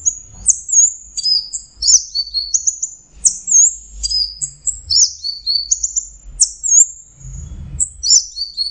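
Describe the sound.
Orange-headed thrush singing a long stream of high whistled and trilled phrases, repeated in similar patterns with short gaps.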